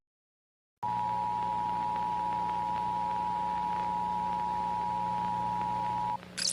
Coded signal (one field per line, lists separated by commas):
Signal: Emergency Alert System (SAME) tones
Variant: 853 and 960 Hz attention tone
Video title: Debunking Every American States EAS Alarms (Pt. 2)